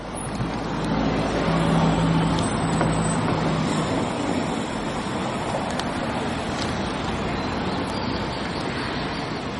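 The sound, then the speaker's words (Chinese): Lisbon's No. 28 tram arrives at and leaves a street-corner stop, a dense, steady mechanical roar with a brief low motor hum early on, staying loud and even for the whole stretch. “站在街角的站牌前，我试着用小录音机收下电车驶进跟开离的声音。”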